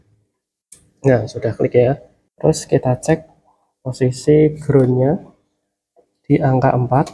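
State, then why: Seated. A motorcycle ECM wiring-harness connector is pushed into a tester adapter socket until it latches, giving a sharp click at 0.7 s. Someone then talks, and the connector is seated.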